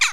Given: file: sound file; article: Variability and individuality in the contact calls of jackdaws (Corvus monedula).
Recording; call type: jackdaw call; harmonic